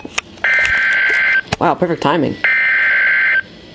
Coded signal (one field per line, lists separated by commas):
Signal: Emergency Alert System (SAME) tones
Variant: header bursts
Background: speech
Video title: 2 Same Severe Thunderstorm Warning for Harford County in Maryland {EAS #779} 8-5-12